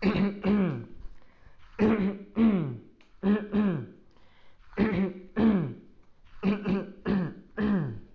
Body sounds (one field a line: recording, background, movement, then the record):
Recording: throat clearing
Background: quiet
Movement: sitting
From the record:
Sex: male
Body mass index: 20.6 kg/m2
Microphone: on the chest, facing outward